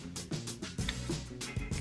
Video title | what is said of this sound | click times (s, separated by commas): How To Change Spark Plugs and Wires on Harley Davidson M8 Bagger | hear that little click | 0.9 s